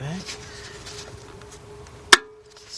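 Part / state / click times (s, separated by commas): retaining clip on engine component cover / seated / 2.1 s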